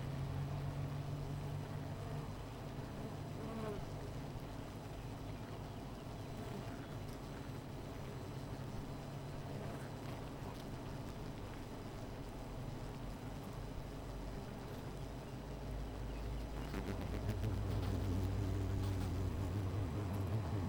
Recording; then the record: honeybee colony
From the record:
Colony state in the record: missing queen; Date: 14 July 2017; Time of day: 16:27